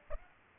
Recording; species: mosquito wingbeat signal from an infrared sensor; Aedes aegypti